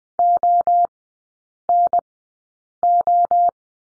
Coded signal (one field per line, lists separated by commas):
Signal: Morse code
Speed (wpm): 20 wpm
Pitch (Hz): 700 Hz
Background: none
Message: ONO